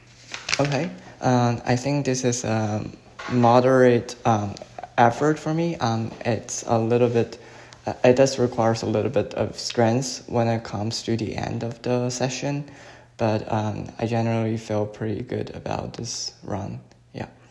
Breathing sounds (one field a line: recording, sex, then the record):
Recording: free speech after running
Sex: male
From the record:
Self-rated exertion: light exertion (2 of 6)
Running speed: 8 miles an hour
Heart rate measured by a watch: 85 beats a minute at the start, 92 at the end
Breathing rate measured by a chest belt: 11 breaths a minute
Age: 24 years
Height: 175 cm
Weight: 56 kg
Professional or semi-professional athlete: no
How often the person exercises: over 5 times a week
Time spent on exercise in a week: over 5 hours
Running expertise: yes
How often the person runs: over 5 times a week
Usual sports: running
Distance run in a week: 60 km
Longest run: 43 km